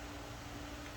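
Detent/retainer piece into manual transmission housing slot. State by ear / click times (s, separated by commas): not seated / none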